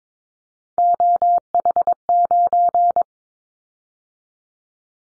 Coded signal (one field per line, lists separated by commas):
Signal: Morse code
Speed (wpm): 22 wpm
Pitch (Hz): 700 Hz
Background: none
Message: OH9